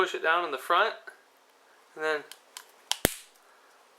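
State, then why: Seated. After the coin cell is replaced in a 2015-2017 Audi A3/S3/RS3 key fob, the plastic battery cover is pressed down at the front while someone talks. Two sharp clicks at 2.9 s and 3.1 s are heard as the cover snaps into place in the key fob housing, seating it shut.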